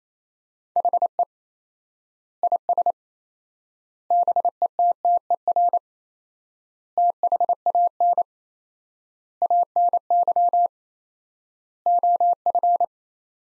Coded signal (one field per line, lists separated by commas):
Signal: Morse code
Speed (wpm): 28 wpm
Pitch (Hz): 700 Hz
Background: none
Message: HE IS BETTER THAN ANY OF